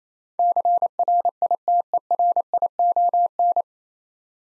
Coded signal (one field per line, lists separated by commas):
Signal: Morse code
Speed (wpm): 29 wpm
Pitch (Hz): 700 Hz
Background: none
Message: CRITERION